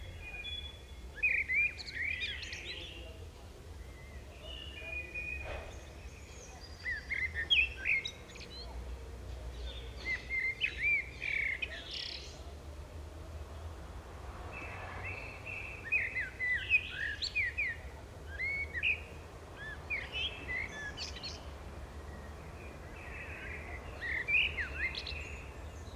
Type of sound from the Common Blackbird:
song